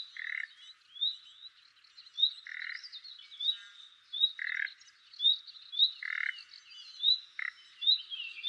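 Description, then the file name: Common nightingale: many short, thin rising whistles in a steady series, interrupted by several harsh, raspy bursts. "Luscinia megarhynchos"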